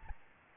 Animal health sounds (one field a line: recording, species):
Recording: mosquito wingbeat signal from an infrared sensor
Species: Aedes albopictus